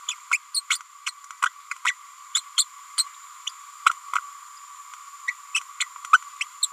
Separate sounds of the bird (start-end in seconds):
0.08-0.15, 0.30-0.38, 0.54-0.61, 1.06-1.11, 1.45-1.49, 1.86-1.91, 2.34-2.41, 2.57-2.64, 2.97-3.04, 3.85-3.90, 4.15-4.18, 5.27-5.32, 5.80-5.84, 6.12-6.18, 6.41-6.45, 6.62-6.67